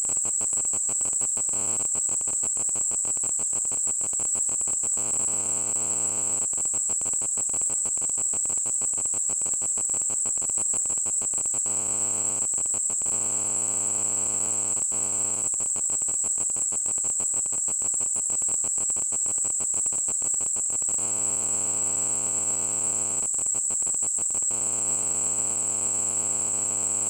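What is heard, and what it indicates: A steady, piercing high-pitched tone near 8 kHz rings without a break, simulating what a person with tinnitus hears.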